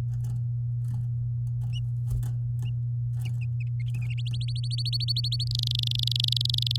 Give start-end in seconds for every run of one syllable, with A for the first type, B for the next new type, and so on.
4.18-5.44 A, 5.47-6.76 B